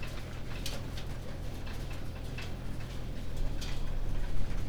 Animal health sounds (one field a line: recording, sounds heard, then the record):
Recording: poultry house recording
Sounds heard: no chicken sound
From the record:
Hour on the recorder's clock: 19